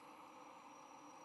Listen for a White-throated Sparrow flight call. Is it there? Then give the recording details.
no. No flight call is heard. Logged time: 08:59 on 4 November 2014